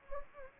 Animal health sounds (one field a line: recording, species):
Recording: mosquito wingbeat signal from an infrared sensor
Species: Anopheles gambiae